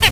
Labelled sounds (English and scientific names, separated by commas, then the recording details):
Zebra Finch (Taeniopygia guttata) tet call
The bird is a male
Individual mal8